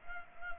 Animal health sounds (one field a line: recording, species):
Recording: mosquito wingbeat signal from an infrared sensor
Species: Culex pipiens